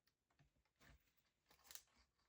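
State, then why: Not seated. The wooden front cover of a UGears UGT-24 Endurance Racer model car is handled and swung closed against the wooden body after the key is taken out, with light wooden taps and rustles and a couple of sharp ticks near the end. The cover has not latched or seated yet.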